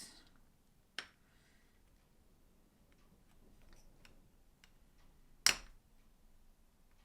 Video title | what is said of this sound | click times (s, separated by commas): Disney Dolls House Issue 14 - Build with me | but it does click into place | 5.5 s